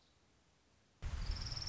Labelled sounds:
Orange-crowned Warbler (Leiothlypis celata)
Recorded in Sonoma County, California

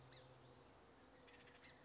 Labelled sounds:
Song Sparrow (Melospiza melodia)
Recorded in Sonoma County, California

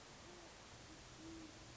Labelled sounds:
Great Horned Owl (Bubo virginianus)
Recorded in Sonoma County, California

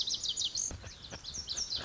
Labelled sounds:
Lazuli Bunting (Passerina amoena)
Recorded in Sonoma County, California

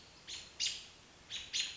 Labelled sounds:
American Robin (Turdus migratorius)
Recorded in Sonoma County, California

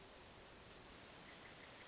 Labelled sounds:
Hermit Thrush (Catharus guttatus)
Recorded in Sonoma County, California

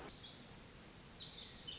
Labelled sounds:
Pacific Wren (Troglodytes pacificus)
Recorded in Sonoma County, California

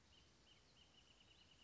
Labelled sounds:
Wrentit (Chamaea fasciata)
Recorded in Sonoma County, California

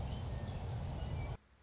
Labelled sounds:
Orange-crowned Warbler (Leiothlypis celata)
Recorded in Sonoma County, California

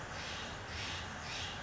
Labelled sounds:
Steller's Jay (Cyanocitta stelleri)
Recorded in Sonoma County, California

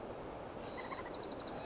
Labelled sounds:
White-crowned Sparrow (Zonotrichia leucophrys)
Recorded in Sonoma County, California

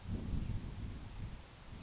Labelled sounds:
Grasshopper Sparrow (Ammodramus savannarum)
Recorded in Sonoma County, California

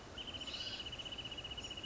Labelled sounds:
Wrentit (Chamaea fasciata)
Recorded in Sonoma County, California

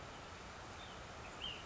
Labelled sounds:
Ash-throated Flycatcher (Myiarchus cinerascens)
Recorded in Sonoma County, California

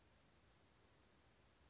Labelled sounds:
Western Flycatcher (Empidonax difficilis)
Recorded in Sonoma County, California

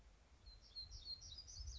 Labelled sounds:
Black-throated Gray Warbler (Setophaga nigrescens)
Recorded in Sonoma County, California

